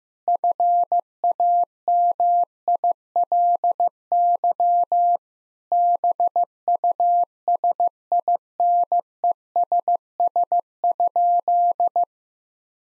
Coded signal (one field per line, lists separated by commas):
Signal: Morse code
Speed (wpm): 15 wpm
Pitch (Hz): 700 Hz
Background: none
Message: FAMILY BUSINESS?